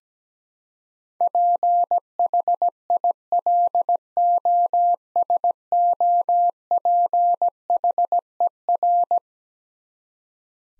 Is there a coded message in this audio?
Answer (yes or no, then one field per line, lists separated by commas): yes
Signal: Morse code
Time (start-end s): 1.2-9.2 s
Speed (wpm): 17 wpm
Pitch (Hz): 700 Hz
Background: none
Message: PHILOSOPHER